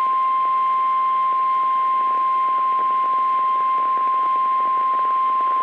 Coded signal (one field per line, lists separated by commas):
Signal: Emergency Alert System (SAME) tones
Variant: 1050 Hz attention tone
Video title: Mini EAS Compilation EAS Alerts From 11/12/20 EAS #206-208